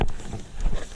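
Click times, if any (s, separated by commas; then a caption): none. A window weatherstrip on an FJ Cruiser is handled and pressed down onto the door, with its clips lined up to go into the door panel. A sharp knock at the very start is followed by rustling handling noise and a dull bump around 0.6 seconds. Nothing has seated or clicked yet.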